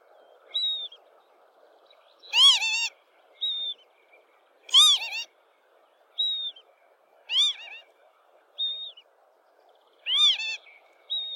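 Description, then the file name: Lapwing repeating harsh, nasal cries four times, roughly every two to three seconds, alternating with short high whistled notes. "canto do abibe"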